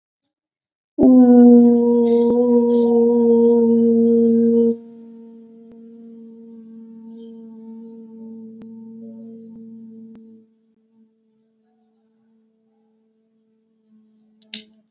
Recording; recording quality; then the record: sustained vowel as in boot; excellent, no background noise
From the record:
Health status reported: COVID-19 positive, mild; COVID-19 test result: positive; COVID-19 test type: RT-PCR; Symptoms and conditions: cough, fever, fatigue, muscle pain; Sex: female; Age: 24 years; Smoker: no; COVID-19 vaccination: both doses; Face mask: worn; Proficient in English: yes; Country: India